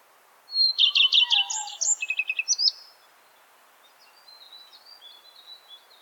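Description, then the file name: Redstart phrase of fast repeated chirps, then a second quicker series of notes, followed by faint high twittering. "Golosa ptic i zverei - Gorihvostka"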